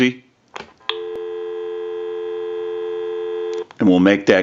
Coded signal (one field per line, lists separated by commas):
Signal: telephone call progress tone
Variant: North America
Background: speech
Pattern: dial tone